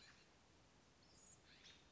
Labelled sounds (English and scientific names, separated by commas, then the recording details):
American Robin (Turdus migratorius)
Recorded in Sonoma County, California